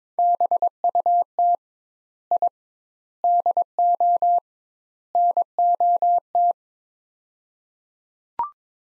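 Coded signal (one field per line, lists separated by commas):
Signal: Morse code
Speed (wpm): 22 wpm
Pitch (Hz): 700 Hz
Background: none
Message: BUT I DO NOT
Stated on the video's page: Morse practice drill of four-word sets at 22 wpm with 2x word spacing, a Farnsworth-like method applied to words.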